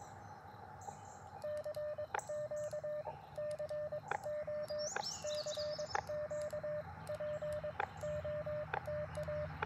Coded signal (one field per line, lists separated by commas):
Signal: Morse code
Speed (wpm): 22 wpm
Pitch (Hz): 600 Hz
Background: radio noise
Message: CQ CO CQ POTA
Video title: Morning Morse Code - 05/07/2024